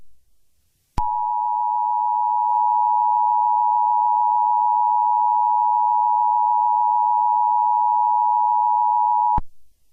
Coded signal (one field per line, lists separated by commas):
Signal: Emergency Alert System (SAME) tones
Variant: 853 and 960 Hz attention tone